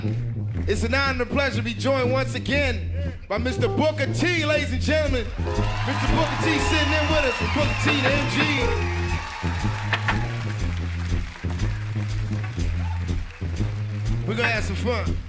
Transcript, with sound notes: It's an honor and a pleasure to be joined once again by Mr. Booker T, ladies and gentlemen.
(APPLAUSE)
Mr. Booker T sitting in with us, Booker TNG. We're going to have some fun.